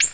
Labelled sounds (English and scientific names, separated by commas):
Ovenbird (Seiurus aurocapilla) flight call